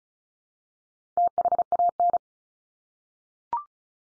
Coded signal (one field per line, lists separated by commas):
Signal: Morse code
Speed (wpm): 34 wpm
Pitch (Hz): 700 Hz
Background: none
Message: THAN